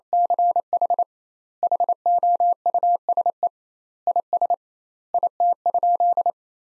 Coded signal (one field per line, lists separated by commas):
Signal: Morse code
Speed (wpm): 28 wpm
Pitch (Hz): 700 Hz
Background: none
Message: CH HOUSE IS IT?